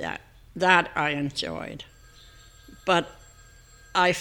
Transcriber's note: a telephone rings